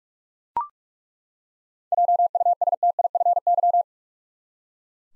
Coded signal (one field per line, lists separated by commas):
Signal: Morse code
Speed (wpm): 41 wpm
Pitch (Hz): 700 Hz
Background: none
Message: JUSTIFY